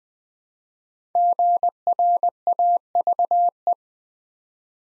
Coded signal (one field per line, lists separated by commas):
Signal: Morse code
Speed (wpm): 20 wpm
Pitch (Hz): 700 Hz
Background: none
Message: GRAVE